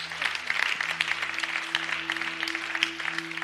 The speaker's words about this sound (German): Aber ich sag dir, ja, Amen, da können wir dir Jesus einen Applaus geben. Halleluja.